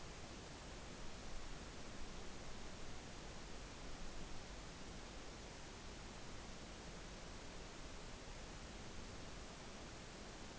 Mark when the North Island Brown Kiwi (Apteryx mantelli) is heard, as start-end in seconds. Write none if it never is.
none